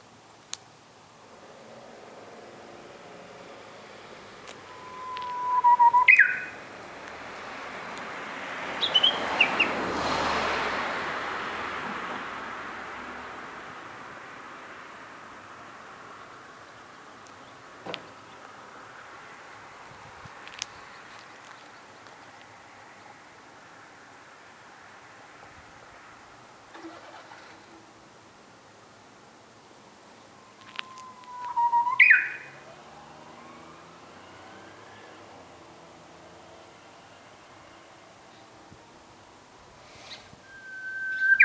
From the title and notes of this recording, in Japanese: うぐいす2017年5月。